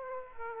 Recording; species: mosquito wingbeat signal from an infrared sensor; Aedes aegypti